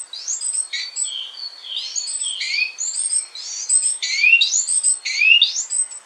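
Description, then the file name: Great tit calls, a busy run of sharp, sweeping high notes that dart up and down, overlapping almost continuously for six seconds. "Parus major"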